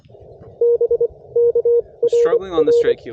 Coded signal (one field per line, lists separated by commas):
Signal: Morse code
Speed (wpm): 24 wpm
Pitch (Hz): 470 Hz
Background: speech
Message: B KRR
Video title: Unboxing a new-to-me QRP rig & brand new key!